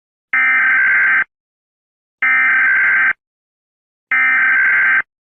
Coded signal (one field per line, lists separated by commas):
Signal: Emergency Alert System (SAME) tones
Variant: header bursts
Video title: Just a random low quality EAS vid @JEMTheEASGuy2026